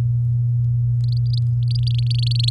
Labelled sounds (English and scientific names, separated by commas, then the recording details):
Domestic Canary (Serinus canaria) song
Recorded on 8 May 2018 at 19:48
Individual llb16